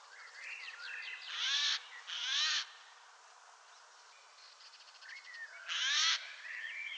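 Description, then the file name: Eurasian jay giving three harsh, rasping screeches, two in quick succession and a third after a gap of about three seconds. "Garrulus glandarius"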